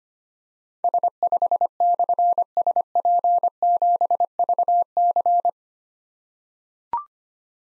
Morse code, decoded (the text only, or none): S5/SP7VC